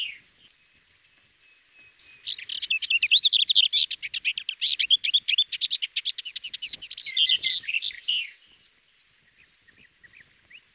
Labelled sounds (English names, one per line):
Lesser Whitethroat song